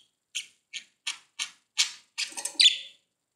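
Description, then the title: Budgerigar calls: five evenly spaced short high chirps, then a louder harsh, buzzy burst of squawking notes at the end. "Budgie Sounds"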